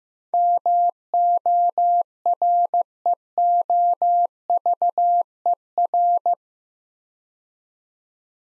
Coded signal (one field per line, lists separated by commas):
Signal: Morse code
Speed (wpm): 15 wpm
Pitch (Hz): 700 Hz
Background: none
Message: MOREOVER